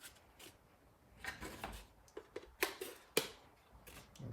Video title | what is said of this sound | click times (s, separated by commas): Policar Slot car Track System Deep Dive And Look Into BRZ Drift Starter Set | and then one outer so it's very simple it just snaps in place like that like | 2.6 s, 3.2 s